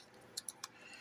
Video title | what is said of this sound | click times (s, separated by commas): Diligent Defense Road Hunter overview and range testing | Make sure they all lock into place here. | 0.4 s, 0.5 s, 0.6 s